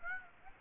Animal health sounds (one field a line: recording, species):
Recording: mosquito wingbeat signal from an infrared sensor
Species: Aedes aegypti